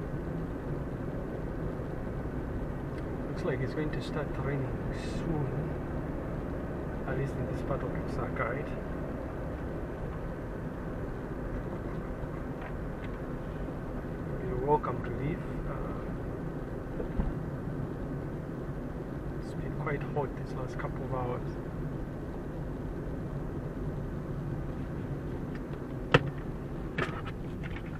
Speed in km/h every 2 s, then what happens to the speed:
45, 46, 47, 49, 49, 48, 46, 44, 42, 40, 39, 38, 36, 31.
0-9 steady at about 47. 9-28 slows to 31.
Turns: none.